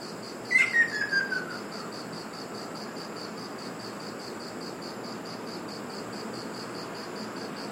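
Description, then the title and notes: Ruddy kingfisher gives one falling, whistled trill near the start, then steady pulsing insect chirps and hiss continue alone. Recorded on Iriomote Island, Okinawa, Japan. "赤翡翠 - Ruddy Kingfisher. Recorded in Iriomote Island Okinawa Japan"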